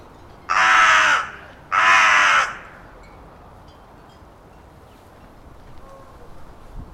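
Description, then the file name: Carrion crow giving two harsh, drawn-out caws about a second apart, each lasting under a second, followed by quiet background. "Corvus corone"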